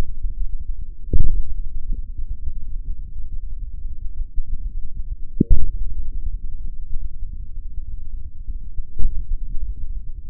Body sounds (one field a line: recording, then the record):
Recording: forearm muscle sounds (acoustic myography)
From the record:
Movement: hand opening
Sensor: system 3, bracelet of six PUI Audio POM-2738L microphones around the upper forearm, with dedicated amplification and filtering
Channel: 6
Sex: male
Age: 56 years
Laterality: right